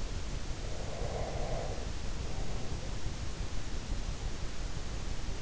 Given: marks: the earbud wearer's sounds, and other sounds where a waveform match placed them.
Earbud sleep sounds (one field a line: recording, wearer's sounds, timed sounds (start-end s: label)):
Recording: sounds in sleep by an in-ear microphone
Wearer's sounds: breath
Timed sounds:
0.71-2.97 s: breath